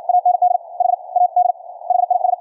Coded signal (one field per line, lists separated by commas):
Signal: Morse code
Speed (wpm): 53 wpm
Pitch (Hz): 720 Hz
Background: none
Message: AND HAD HIS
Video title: QRQ CW NET on 40 meters - recorded LIVE from an Elecraft K3S on 4-28-2019